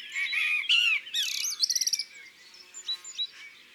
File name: Pie bavarde Chants doiseaux dans la campagne